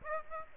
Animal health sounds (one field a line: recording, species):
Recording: mosquito wingbeat signal from an infrared sensor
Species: Aedes aegypti